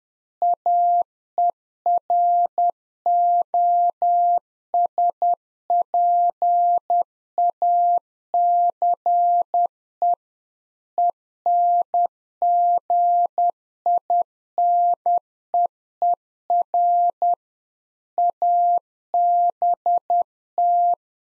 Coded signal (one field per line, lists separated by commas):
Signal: Morse code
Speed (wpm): 10 wpm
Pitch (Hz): 700 Hz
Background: none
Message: AEROSPACE ENGINEER ABT